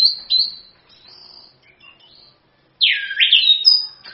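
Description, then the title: Orange-headed thrush song with thin high whistles and soft twittering, then after a short pause a loud swooping phrase and a clear high whistle. Masteran training song meant to prompt an orange-headed thrush to sing; gacor, ngerol (continuous) singing style. "Anis Kembang 5. ANIS KEMBANG GACOR, ANIS KEMBANG NGEROL, PANCINGAN ANIS KEMBANG BIAR BUNYI"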